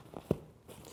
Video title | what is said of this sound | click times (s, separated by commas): Peak Design Travel Backpack 45L Instructional | you get a nice satisfying click | 0.3 s